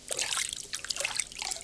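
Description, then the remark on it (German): Water of the Orinoco River trickling and babbling steadily, heard aboard an old motorboat: a bright, bubbly stream of small gurgles and splashes with no voices over it. “Im Wasserkopf eines kranken Moralisten. Auf dem Orinoco River.”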